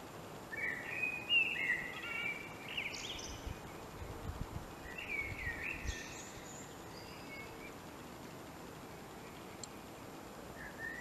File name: Turdus merula